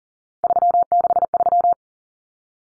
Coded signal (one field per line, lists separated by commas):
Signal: Morse code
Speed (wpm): 40 wpm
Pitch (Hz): 700 Hz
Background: none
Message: 363